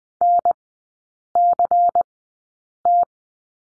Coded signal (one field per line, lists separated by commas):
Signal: Morse code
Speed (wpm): 20 wpm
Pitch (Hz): 700 Hz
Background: none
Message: NCT